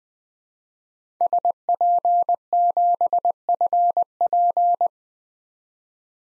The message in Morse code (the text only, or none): SP7FP